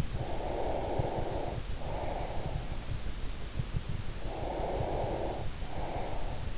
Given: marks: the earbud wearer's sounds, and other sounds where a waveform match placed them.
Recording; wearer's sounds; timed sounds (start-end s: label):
sounds in sleep by an in-ear microphone; breath
0.11-2.86 s: breath
4.18-6.58 s: breath